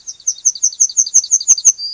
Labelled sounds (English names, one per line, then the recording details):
Yellowhammer song
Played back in grassland
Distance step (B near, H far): B
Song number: 003